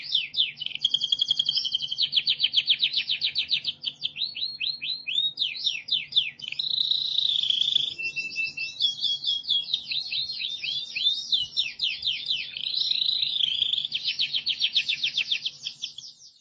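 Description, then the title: Canary in sustained song, cycling through quick rhythmic trills, slurred down-sweeps and rolling buzzy tours without pause. "Kenari"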